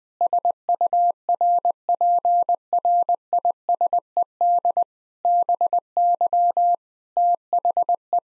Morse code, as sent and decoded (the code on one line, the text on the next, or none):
... ..- .-. .--. .-. .. ... . -.. / -... -.-- / - .... .
SURPRISED BY THE